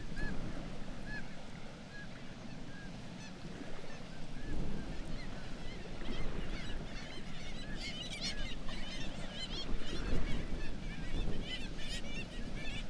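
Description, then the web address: Black-legged kittiwakes in a crowded chorus, with nasal calls building toward the end over a deep, continuous rumble. "Black legged kittiwake. صدای-پرنده-کاکایی-پاسیاه"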